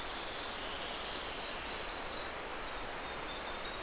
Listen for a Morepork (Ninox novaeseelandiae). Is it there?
no